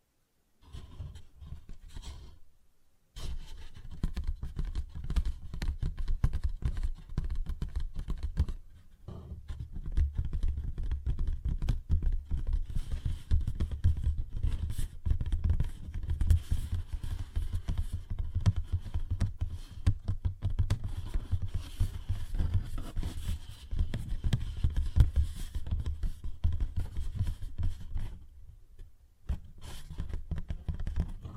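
Paper bag tapped and scratched in dense, rapid, low crinkly strokes, nearly continuous, with brief pauses around three, nine and twenty-eight seconds.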